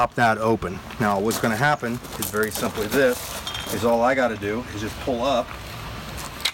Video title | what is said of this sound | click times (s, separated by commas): 20FT Telescoping Ladder w Stabilizer Wheels Cargo Hold,Adjustable Folding Extension Ladder A Frame | and you might hear that lock in place so as soon as i pulled it up it locked uh it locked it in place | 6.5 s